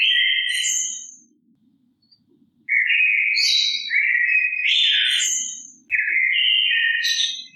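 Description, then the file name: Bird song: rich, fluting and twittering phrases repeated after short pauses, mixing lower whistles with higher squeaky notes, with a faint low hum in the background. Recorded in Offenbach, Germany. "Offenbacher Vogel"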